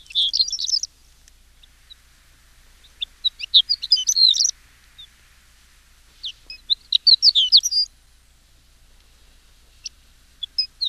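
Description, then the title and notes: Horned lark song in three separate high, jingling phrases of quick tinkling notes, followed by a couple of isolated short chips. "Tunturikiuru. Tuukka Kupiainen"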